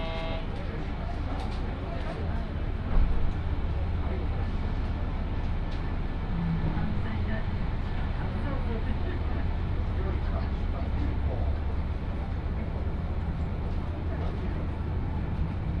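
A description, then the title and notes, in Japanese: A train ride on the Yodo Line from Uwajima toward Chikanaga, with a steady low rumble of the carriage running throughout. Murmured voices drift in and out over the constant drone, and a brief louder bump comes around the third second. 鉄道旅 予土線 宇和島→近永。キハ５４のロングシートにもう1両トロッコ車両がついていますが、こちらは途中の江川崎から乗車可能で、それに乗る人たちで混雑しています。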